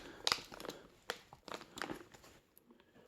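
A RAM module is pushed back down into a DIMM memory slot on an AsRock A520m ITX AC motherboard after a failed first attempt, and it snaps into place with a sharp click at 0.3 s. The click is followed by scattered crinkling, tapping and handling noises, and the module is seated.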